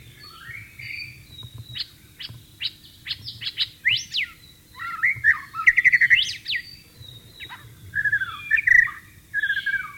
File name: suara burung murai batu di alam liar